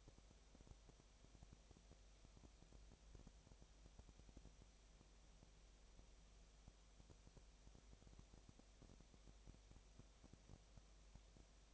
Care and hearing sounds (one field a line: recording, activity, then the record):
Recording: daily activity, microphone in the room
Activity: no activity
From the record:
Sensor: 1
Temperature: 19.8 degrees Celsius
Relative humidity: 37.9%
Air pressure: 998.8 hPa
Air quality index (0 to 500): 233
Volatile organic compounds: 134 ppm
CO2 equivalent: 3948 ppm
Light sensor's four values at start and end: 1/2/1/1 and 1/2/1/1